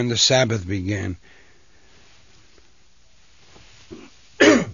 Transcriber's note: he coughs